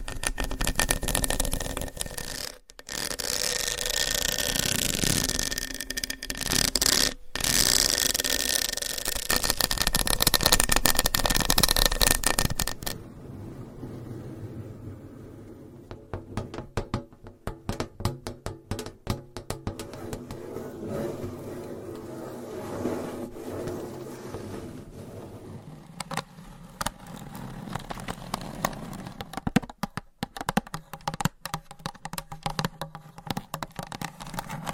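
Long nails scratch and tap on hollow boxes. For the first thirteen seconds a loud, dense, hissing scrape runs almost unbroken, with two brief gaps. After that it drops quieter and lower, turning into irregular clusters of sharp little taps and softer rubbing.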